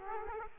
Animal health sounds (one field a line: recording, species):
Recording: mosquito wingbeat signal from an infrared sensor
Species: Aedes aegypti